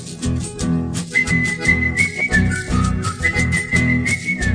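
A person in a hardware store whistles the wavering, high-pitched tune of a little song, long sustained notes that start after the first second, heard over a steady, rhythmic musical backing with no talking.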